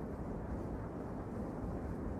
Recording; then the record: background sound without coughing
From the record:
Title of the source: Train Ride Ambience ambient white noise for sleeping, focus, studying, reading